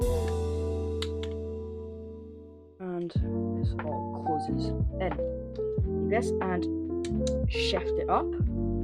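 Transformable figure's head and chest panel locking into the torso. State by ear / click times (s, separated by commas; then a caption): not seated / none. A plastic transformable action figure is handled as its head is swiveled, the surrounding chest panels are closed in, and the head section is shifted up toward the torso, with soft plastic taps over background music while someone talks. The clip ends before the part goes home, so nothing has seated or clicked into place yet.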